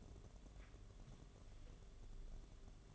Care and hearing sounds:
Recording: daily activity, microphone in the room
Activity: take from stove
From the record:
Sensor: 4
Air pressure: 1011.1 hPa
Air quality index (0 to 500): 143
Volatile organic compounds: 3 ppm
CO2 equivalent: 1467 ppm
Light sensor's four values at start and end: 198/517/219/228 and 193/501/212/221

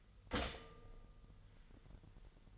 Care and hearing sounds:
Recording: daily activity, microphone in the room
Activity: stop toaster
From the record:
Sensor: 4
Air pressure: 989.3 hPa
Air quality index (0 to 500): 217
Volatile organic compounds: 69 ppm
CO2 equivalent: 3509 ppm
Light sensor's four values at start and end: 24/84/31/33 and 24/84/31/33

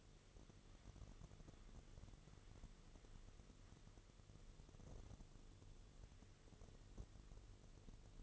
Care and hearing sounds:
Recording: daily activity, microphone in the room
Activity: wipe stove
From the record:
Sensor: 4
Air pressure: 1015.9 hPa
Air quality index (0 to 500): 99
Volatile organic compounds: 2 ppm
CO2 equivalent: 1107 ppm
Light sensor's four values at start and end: 9/19/7/7 and 9/19/7/7

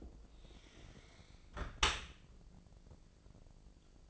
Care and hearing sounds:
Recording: daily activity, microphone in the room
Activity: close dishwasher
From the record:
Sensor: 5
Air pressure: 1012.4 hPa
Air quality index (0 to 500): 160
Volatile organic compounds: 2 ppm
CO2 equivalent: 1089 ppm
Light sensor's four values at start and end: 105/251/106/118 and 104/250/106/118

